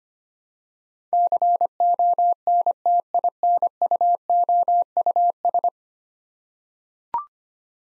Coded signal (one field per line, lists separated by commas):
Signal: Morse code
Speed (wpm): 25 wpm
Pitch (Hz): 700 Hz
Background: none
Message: CONTINUOUS